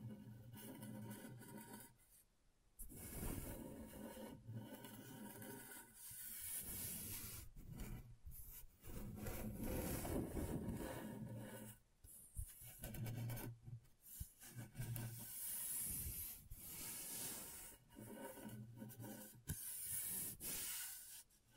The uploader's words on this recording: ASMR Brain Tingling Scratchboard (No Talking).